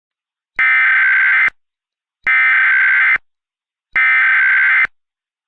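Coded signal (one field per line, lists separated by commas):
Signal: Emergency Alert System (SAME) tones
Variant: header bursts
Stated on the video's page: Simulated EAS scenario, not a real alert.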